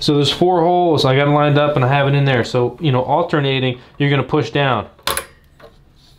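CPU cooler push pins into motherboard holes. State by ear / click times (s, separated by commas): seated / 5.1 s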